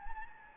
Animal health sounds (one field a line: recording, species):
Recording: mosquito wingbeat signal from an infrared sensor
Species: Anopheles gambiae